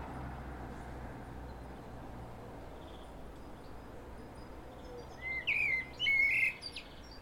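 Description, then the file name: Common blackbird uttering a brief fluted phrase near the end, a couple of rich whistled notes with a faint high squeaky tail, after steady background hiss. "Turdus merula"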